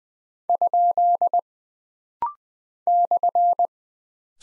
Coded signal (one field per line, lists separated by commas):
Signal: Morse code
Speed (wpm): 20 wpm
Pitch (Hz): 700 Hz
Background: none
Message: ? /